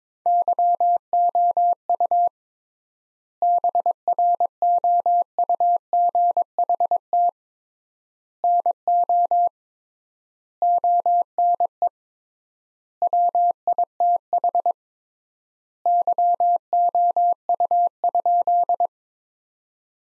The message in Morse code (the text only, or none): YOU BROUGHT NO ONE WITH YOU?